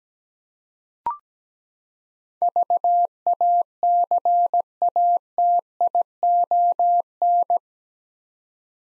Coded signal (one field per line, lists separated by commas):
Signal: Morse code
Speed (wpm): 17 wpm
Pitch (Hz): 700 Hz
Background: none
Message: VACATION